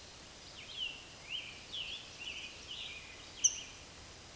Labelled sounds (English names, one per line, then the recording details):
Scarlet Tanager song
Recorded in a Pennsylvania forest on 19 May 2023 at 13:58
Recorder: AudioMoth, point grid1_22_low
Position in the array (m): 206 m, 256 m